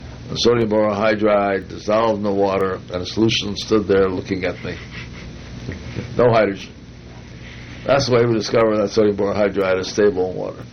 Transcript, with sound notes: The sodium borohydride dissolved in the water, and the solution stood there looking at me. [laughter] No hydrogen! That's the way we discovered that sodium borohydride is stable in water.